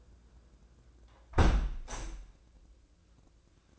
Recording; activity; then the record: daily activity, microphone in the room; close window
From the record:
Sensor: 2